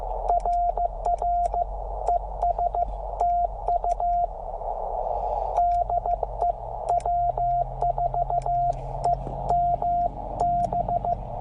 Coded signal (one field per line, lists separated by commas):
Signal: Morse code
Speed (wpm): 15 wpm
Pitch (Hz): 690 Hz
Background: radio noise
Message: RR ES TU DE W4EMB